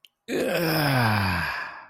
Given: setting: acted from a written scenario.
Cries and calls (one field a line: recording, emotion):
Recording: vocal sound without words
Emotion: contentment